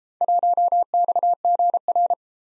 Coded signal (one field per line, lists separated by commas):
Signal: Morse code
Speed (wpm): 29 wpm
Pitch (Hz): 700 Hz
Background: none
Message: 1XGR